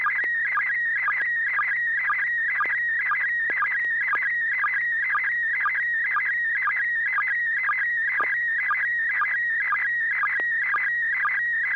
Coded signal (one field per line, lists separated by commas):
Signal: SSTV (slow-scan television)